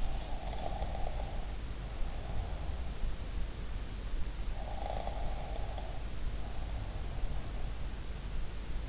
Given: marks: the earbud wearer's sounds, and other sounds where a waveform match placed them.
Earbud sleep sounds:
sounds in sleep by an in-ear microphone; snoring breath
0.00-2.72 s: snoring breath
4.53-7.45 s: snoring breath

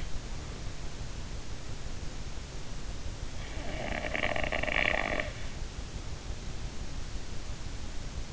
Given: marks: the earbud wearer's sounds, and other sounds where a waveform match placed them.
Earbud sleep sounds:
sounds in sleep by an in-ear microphone; snoring breath
3.52-5.30 s: snoring breath

